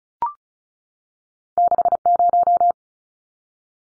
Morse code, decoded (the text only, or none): 60